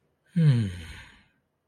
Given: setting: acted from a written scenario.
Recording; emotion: vocal sound without words; serenity